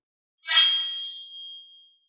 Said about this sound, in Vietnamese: Tiếp đó tiếng leng keng không dứt bên tai, liên tiếp là sáu tiếng vang và sáu chùm sáng bị phá tan, vết tích nổ tung, toàn bộ bị chém nát.